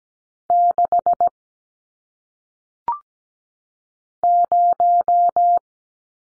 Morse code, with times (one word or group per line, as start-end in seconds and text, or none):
0.5-1.3 6
4.2-5.6 0